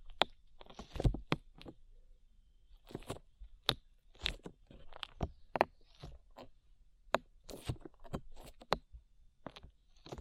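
Slime being squished and pressed, giving sharp wet clicks and crackly pops at an irregular pace, sometimes clustered, sometimes spaced by short pauses. The pops are bright and snappy, over a faint low rumble and a thin, steady high tone.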